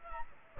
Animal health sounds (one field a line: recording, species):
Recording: mosquito wingbeat signal from an infrared sensor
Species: Aedes aegypti